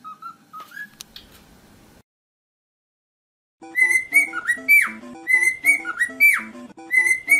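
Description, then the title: Cockatiel song: faint whistles, a brief silence, then a string of rich, harmonic whistled notes with short upward and downward slurs in an uneven rhythm. Song for training cockatiels. "Canto Para Treinar Calopsita"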